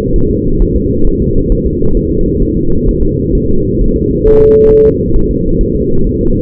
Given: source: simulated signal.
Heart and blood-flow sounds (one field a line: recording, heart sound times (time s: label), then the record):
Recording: fetal heart sounds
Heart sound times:
0.16 s: S1
0.31 s: S2
0.62 s: S1
0.76 s: S2
1.07 s: S1
1.22 s: S2
1.52 s: S1
1.67 s: S2
1.97 s: S1
2.12 s: S2
2.43 s: S1
2.57 s: S2
2.89 s: S1
3.03 s: S2
3.35 s: S1
3.50 s: S2
3.81 s: S1
3.96 s: S2
4.27 s: S1
4.41 s: S2
4.72 s: S1
4.86 s: S2
5.16 s: S1
5.31 s: S2
5.61 s: S1
5.75 s: S2
6.07 s: S1
6.21 s: S2
From the record:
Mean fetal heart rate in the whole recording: 130 bpm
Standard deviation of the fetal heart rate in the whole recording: 4 bpm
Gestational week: 38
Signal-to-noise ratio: -17.7 dB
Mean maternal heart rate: 72 bpm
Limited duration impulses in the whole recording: present